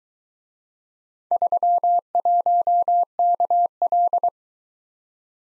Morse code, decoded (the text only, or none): 31KL